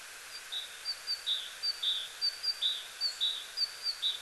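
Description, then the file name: Great tit giving a rapid series of high whistled notes alternating between two pitches, repeated several times over background hiss. "Parus major"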